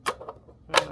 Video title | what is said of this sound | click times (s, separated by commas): Unboxing my NEW XTool M2! I have no idea what I'm doing! First time laser user - Honest Review | Oh yeah, there. It's a magnet, so that snaps into place. | 0.8 s